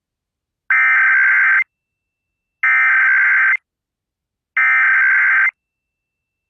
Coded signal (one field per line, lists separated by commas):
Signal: Emergency Alert System (SAME) tones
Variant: header bursts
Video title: 2023 National Periodic Test on 620 WTMJ - AM #news #ilwx #radio #periodictest #EAS